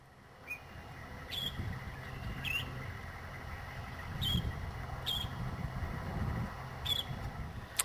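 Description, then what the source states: Northern Shrike giving several short squeaky calls at irregular intervals over heavy low wind rumble. Played recording; a simple squeaky call, recorded with a lot of wind noise.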